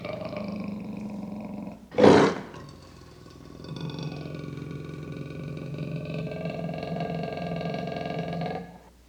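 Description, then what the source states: Leopard with a low droning growl, broken by one sudden loud burst, then a long steady rumble. Leopard roars and growls.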